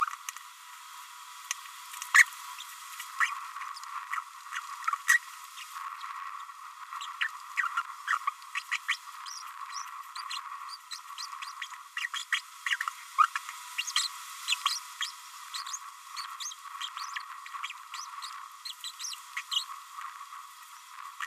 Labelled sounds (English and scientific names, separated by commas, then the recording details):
Green-rumped Parrotlet (Forpus passerinus) babbling
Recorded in a nest box in Venezuela
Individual 18B25A5